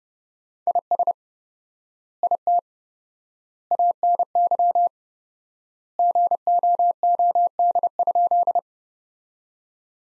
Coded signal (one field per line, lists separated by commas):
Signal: Morse code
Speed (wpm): 31 wpm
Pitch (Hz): 700 Hz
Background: none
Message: IS IT ANY GOOD?